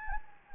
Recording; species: mosquito wingbeat signal from an infrared sensor; Anopheles gambiae